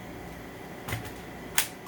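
The pre-motor filter housing lid on the plastic cyclone assembly of a Dyson Ball upright vacuum (DC40/41/65/UP13/16/19/20/30) is closed up after the filter is refitted. A faint handling sound near 0.9 s is followed by a single sharp click at 1.6 s, and the cover is seated shut.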